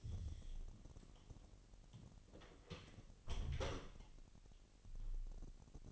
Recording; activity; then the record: daily activity, microphone in the room; close door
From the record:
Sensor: 4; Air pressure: 1002.0 hPa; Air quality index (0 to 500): 248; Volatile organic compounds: 41 ppm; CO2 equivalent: 3163 ppm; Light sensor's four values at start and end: 8/18/7/6 and 9/20/8/7